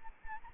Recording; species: mosquito wingbeat signal from an infrared sensor; Anopheles arabiensis